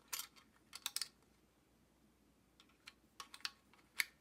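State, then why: Not seated. A second metal battery terminal contact, its tab bent out, is handled and pushed toward its slot in the plastic case of a handheld game console. Light clicks and taps sound at about 0.9, 1.0, 3.5 and 4.0 seconds, with no talk. Nothing has seated or clicked into place yet.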